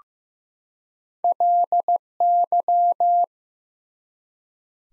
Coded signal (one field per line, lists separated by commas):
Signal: Morse code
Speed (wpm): 15 wpm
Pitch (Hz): 700 Hz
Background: none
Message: LY